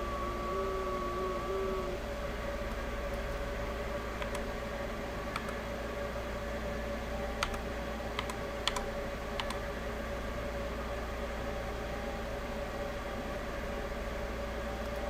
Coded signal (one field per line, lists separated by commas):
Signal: FT8